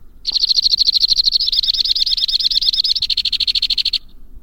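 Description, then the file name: White-winged crossbill giving one continuous high trill of nearly four seconds, its pulses changing rhythm partway through. "suara kicauan burung white winged crossbill. omkicau"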